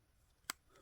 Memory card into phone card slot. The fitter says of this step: pops right in